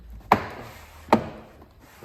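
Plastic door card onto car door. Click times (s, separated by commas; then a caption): 0.3 s, 1.1 s. A plastic door card on a Fiat 500 / Abarth is fitted back onto the car door during a broken door handle hinge fix, with its grooves engaging the door. Two loud, sharp clicks ring out at 0.3 s and 1.1 s, each trailing off briefly, as the card seats into place. A faint tap follows near 1.6 s.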